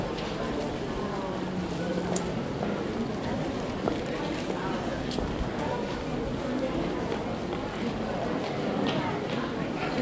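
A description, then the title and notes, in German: A busy market with an ice rink hums with a steady crowd of overlapping voices, occasional sharp clicks and bumps, and city noise. Markt und Eisbahn in Sassuolo. Markt in einer Großstadt, eine Eisbahn.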